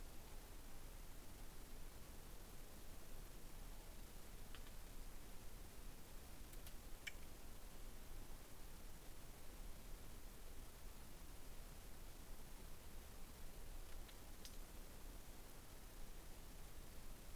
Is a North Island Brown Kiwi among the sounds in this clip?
no